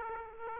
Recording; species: mosquito wingbeat signal from an infrared sensor; Aedes aegypti